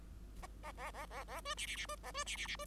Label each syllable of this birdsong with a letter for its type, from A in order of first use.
A A A A A B C C C B A B C C C B